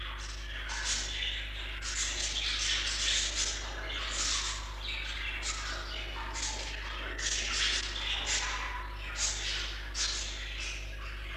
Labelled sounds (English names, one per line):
Budgerigar call